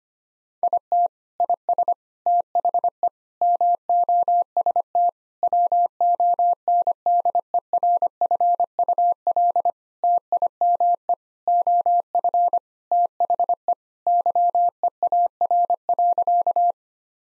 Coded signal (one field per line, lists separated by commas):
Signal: Morse code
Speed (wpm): 25 wpm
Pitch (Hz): 700 Hz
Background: none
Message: IT IS THE MOST WONDERFUL TIME OF THE YEAR.